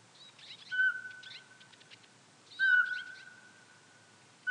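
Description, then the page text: Eurasian pygmy owl giving short, clear whistled notes on one steady pitch, two notes about two seconds apart, with small songbirds twittering higher up. "Jelmer Poelstra - Воробьиный сычик (Glaucidium passerinum)"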